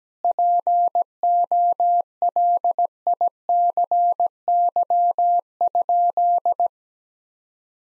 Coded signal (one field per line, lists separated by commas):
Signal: Morse code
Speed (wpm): 17 wpm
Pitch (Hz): 700 Hz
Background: none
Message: POLICY?